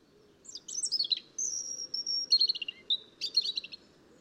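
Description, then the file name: European robin song: a high, thin phrase of tumbling notes, then a long sustained whistle and jangling trilled bursts, over a steady low hum. "Erithacus rubecula"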